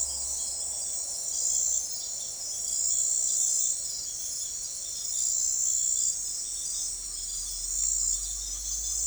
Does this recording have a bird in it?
no